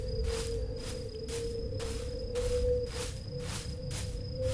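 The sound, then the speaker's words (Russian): A low-battery warning chirps from a device: a steady electronic whine with a fast, even pulsing of hissy bursts, roughly two per second, continuing without pause and with no one speaking. “У нас уже квакает батарейка.”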